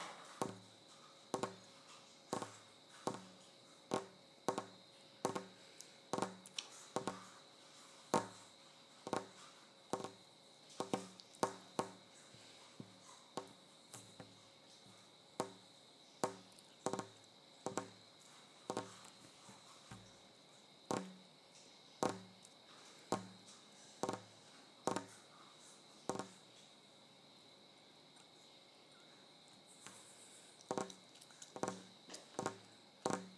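Sharp taps on a kitchen counter, struck at a loose, fairly quick pace with uneven gaps, over a thin steady whine.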